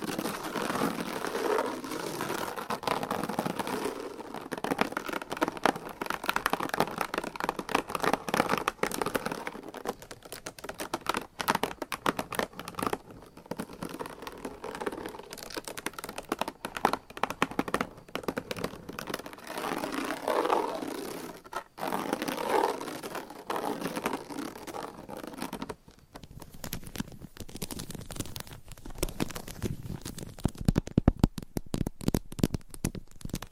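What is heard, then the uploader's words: Dense scratching and rapid tapping on hard surfaces, with a soft crinkly texture, growing sharper and more sparse clicks near the end. ASMR Scratching & Tapping for People with Short Attention Span ASMR for ADHD - No Talking.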